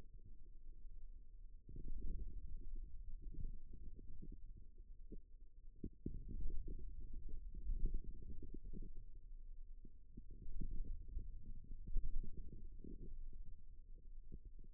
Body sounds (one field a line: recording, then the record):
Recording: forearm muscle sounds (acoustic myography)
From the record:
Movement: wrist flexion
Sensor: system 2, bracelet of six BSWA MPA416 microphones around the upper forearm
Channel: 1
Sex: male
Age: 22 years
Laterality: right